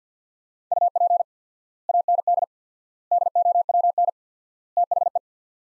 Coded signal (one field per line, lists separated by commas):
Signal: Morse code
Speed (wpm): 50 wpm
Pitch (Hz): 700 Hz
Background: none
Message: UP AND DOWN THE